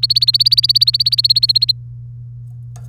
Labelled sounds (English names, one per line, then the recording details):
Domestic Canary song
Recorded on 3 May 2018 at 05:46
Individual llb3